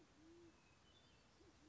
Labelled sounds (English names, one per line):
Band-tailed Pigeon